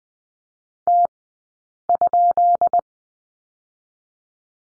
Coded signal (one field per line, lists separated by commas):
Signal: Morse code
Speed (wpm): 20 wpm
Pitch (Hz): 690 Hz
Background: none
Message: T?